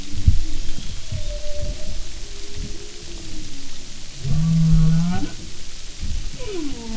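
Humpback whale sounds: moans, a steady buzzy tone near the middle, a descending harmonic sweep, and thumping low pulses.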